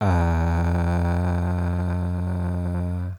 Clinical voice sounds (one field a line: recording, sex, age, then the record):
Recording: sustained vowel /a/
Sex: male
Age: 50 to 59 years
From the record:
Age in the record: 53 years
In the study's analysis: included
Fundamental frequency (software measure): 88 Hz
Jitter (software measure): 0.51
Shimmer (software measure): 1.33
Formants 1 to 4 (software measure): 803 Hz, 1504 Hz, 2420 Hz, 3698 Hz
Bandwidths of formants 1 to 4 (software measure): 308 Hz, 184 Hz, 236 Hz, 384 Hz